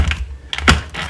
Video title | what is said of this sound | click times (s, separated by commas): Arai Corsair-X | you hear it click all the way | 0.5 s